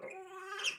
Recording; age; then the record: pig call; piglet (1 to 25 days)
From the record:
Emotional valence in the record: negative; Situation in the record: restrain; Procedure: in the arms of a person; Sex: male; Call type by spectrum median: high-frequency call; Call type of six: mixed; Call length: 0.79 s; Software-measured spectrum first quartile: 1147 Hz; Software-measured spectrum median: 2530 Hz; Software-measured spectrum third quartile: 3364 Hz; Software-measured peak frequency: 2720 Hz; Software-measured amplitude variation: 120 dB a second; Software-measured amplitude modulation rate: 19.7 a second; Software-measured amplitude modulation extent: 6.1 dB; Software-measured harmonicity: 8.3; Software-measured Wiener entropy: -2.13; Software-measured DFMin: 530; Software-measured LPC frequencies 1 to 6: 639, 1419, 2660, 3155, 5183, 5554 Hz